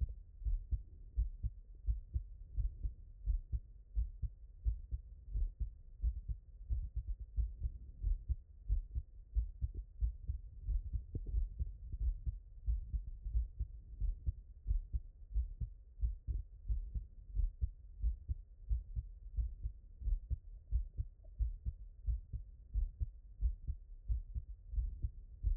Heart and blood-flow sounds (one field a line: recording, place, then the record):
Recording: heart sounds by stethoscope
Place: tricuspid valve (TV)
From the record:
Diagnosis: non-HFrEF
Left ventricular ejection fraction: 47%